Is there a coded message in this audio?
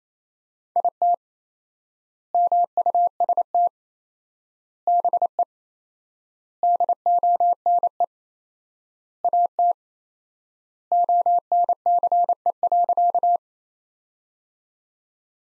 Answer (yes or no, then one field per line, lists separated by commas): yes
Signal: Morse code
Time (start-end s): 0.8-13.4 s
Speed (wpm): 28 wpm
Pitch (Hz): 700 Hz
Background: none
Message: IT MUST BE DONE AT ONCE.